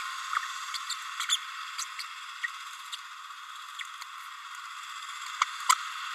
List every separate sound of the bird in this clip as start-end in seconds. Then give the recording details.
1.28-1.36, 1.78-1.85, 2.43-2.47, 5.41-5.45, 5.68-5.72. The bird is a female. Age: 30 days. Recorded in a nest box in Venezuela. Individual 17B32A7